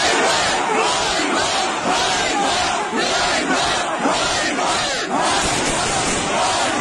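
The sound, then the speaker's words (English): A large crowd of Ukrainian protesters confronting Russian soldiers in the city of Kherson shouts together in loud, sustained waves of angry chanting and yelling, such as "shame, shame", "we don't have weapons" and "glory to Ukrainian heroes", voices overlapping continuously with rhythmic surges throughout. “So they are shouting things like shame, shame, we don't have weapons, and glory to Ukrainian heroes.”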